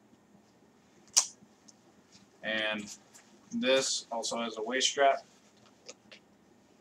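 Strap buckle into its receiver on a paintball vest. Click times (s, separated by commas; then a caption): 1.7 s. A plastic side-release buckle on the sewn strap of a paintball vest is pushed into its receiver, giving a sharp, short click at about 1.7 s as it seats. Someone talks afterward.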